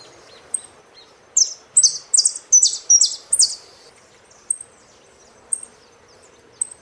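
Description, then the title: Saffron finch song opening with a thin chirp, then a series of bright, sharp, falling notes in quick succession, trailing off into spaced high chirps. "Jilguero Argentino"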